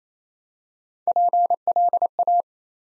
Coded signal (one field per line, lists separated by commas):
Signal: Morse code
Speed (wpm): 29 wpm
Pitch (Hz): 700 Hz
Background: none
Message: PLA